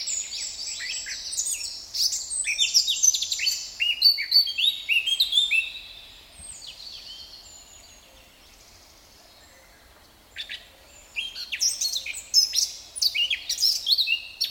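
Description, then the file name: Eurasian blackcap song: a long, lively warbling phrase of rapid varied notes, a quieter gap of several seconds, then another loud burst. "Sylvia atricapilla"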